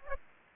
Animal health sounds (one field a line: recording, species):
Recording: mosquito wingbeat signal from an infrared sensor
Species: Aedes aegypti